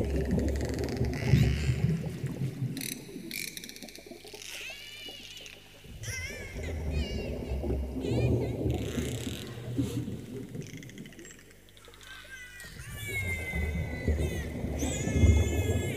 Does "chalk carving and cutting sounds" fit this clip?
no